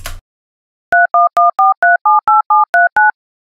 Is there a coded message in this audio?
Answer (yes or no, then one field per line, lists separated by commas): yes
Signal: DTMF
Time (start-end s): 0.9-3.1 s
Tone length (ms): 170 ms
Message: 3114378739